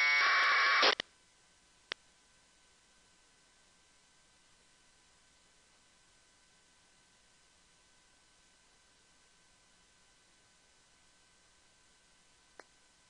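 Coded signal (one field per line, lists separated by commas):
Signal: packet radio (AX.25, as in APRS)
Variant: AFSK 1200 baud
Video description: tuned to the APRS frequency 144.390 MHZ NFM, Filter bandwidth set at 11400, squelch set at 50 and running AFSK1200 Decoder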